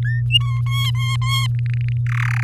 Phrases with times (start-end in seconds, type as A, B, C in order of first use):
0.04-0.22 A, 0.30-0.61 B, 0.66-1.47 C, 1.54-1.97 D, 2.06-2.44 E